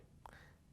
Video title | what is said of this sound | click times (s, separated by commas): How To: GE Lid Switch Assembly WH12X10531 | and snap it down into place. | 0.3 s